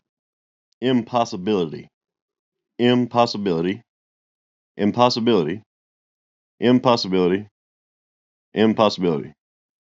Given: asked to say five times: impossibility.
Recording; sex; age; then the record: repeated word; male; 40 to 49 years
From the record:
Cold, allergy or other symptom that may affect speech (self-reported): no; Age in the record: 42 years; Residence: South Carolina, United States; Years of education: 16